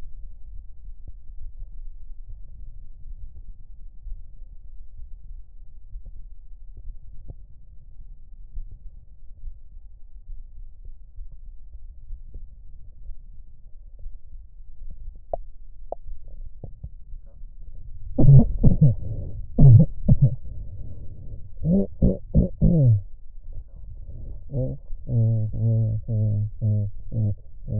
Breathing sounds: lung sounds by stethoscope; left posterior apical chest; quiet breathing, then cough and speech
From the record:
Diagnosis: none (healthy); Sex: male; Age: 30 years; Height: 190 cm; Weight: 88 kg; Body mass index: 24.4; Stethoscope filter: extended mode

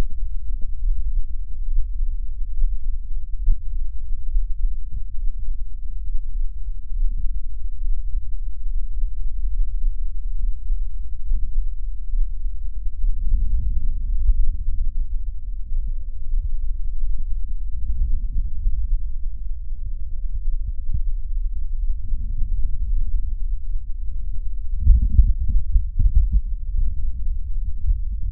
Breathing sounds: lung sounds by stethoscope; left anterior apical chest; quiet breathing, then deep breathing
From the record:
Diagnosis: none (healthy); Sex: male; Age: 35 years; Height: 186 cm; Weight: 108 kg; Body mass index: 31.2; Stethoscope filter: bell mode

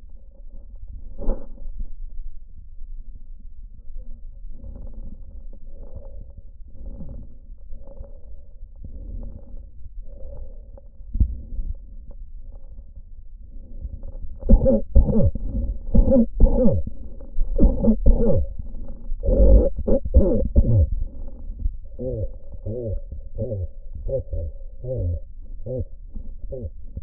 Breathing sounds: lung sounds by stethoscope; trachea; quiet breathing, then cough and speech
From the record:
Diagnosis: COPD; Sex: male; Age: 70 years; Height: 170 cm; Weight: 74 kg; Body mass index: 25.6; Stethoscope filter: diaphragm mode

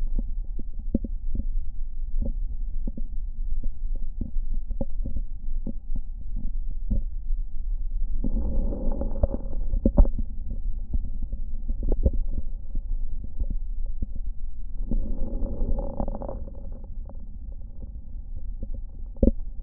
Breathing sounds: lung sounds by stethoscope; right posterior basal chest; quiet breathing, then deep breathing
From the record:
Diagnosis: interstitial lung disease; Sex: female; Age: 65 years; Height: 156 cm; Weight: 66.8 kg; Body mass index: 27.4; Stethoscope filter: diaphragm mode

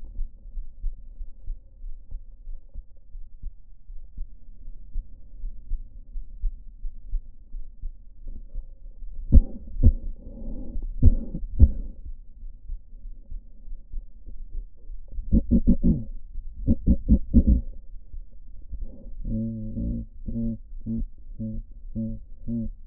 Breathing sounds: lung sounds by stethoscope; right anterior apical chest; quiet breathing, then cough and speech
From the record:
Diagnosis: none (healthy); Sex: male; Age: 23 years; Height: 185 cm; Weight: 93 kg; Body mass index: 27.2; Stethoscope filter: diaphragm mode

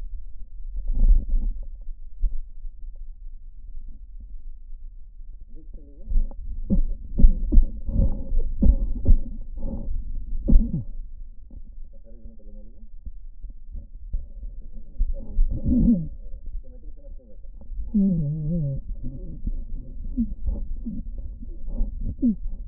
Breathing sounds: lung sounds by stethoscope; right posterior basal chest; quiet breathing, then cough and speech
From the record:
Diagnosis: interstitial lung disease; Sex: male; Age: 82 years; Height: 158 cm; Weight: 49 kg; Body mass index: 19.6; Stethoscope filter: diaphragm mode

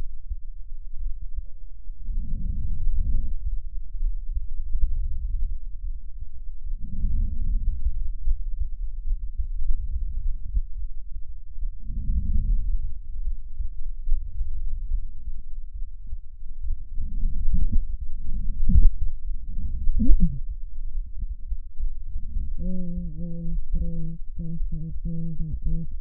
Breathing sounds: lung sounds by stethoscope; left anterior apical chest; quiet breathing, then cough and speech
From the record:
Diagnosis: interstitial lung disease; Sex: female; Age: 72 years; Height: 158 cm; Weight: 69 kg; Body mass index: 27.6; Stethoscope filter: bell mode

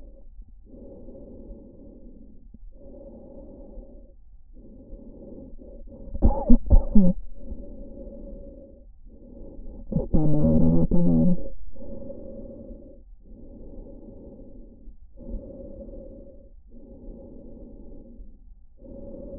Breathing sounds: lung sounds by stethoscope; trachea; quiet breathing, then cough and speech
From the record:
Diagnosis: asthma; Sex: female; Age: 72 years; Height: 160 cm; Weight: 63.4 kg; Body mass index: 24.8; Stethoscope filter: diaphragm mode

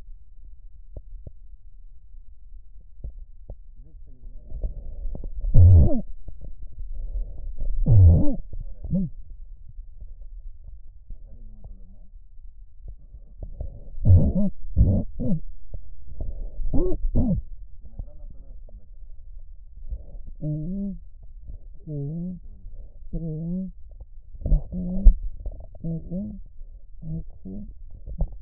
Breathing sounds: lung sounds by stethoscope; right posterior apical chest; quiet breathing, then cough and speech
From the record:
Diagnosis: COPD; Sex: female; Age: 68 years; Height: 150 cm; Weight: 70 kg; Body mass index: 31.1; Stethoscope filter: extended mode

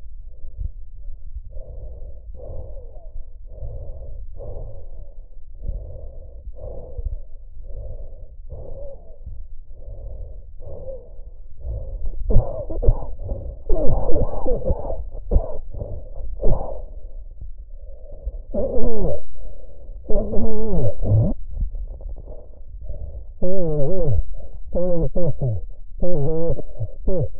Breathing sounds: lung sounds by stethoscope; trachea; quiet breathing, then cough and speech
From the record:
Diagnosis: COPD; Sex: male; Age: 75 years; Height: 182 cm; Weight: 98 kg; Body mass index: 29.6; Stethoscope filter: extended mode

